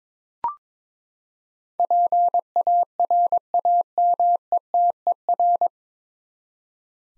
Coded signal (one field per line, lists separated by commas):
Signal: Morse code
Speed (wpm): 21 wpm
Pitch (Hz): 700 Hz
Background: none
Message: PARAMETER